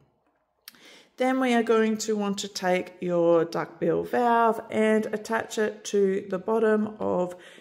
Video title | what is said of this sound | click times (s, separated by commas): How To Use Ameda Mya Joy Breast Pump: Complete Guide including Assembly, Setup and Tips | That firmly goes into place, and you’ll hear it click on. | 0.7 s